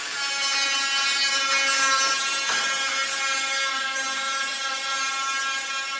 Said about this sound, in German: Mit einer Flex schleift Jaromir die Karosserie des roten Jaguar E-Typs von 1958. Der 250 PS starke Oldtimer wird in der Werkstatt des deutschen Unternehmers Heinrich von Hollen grundrenoviert.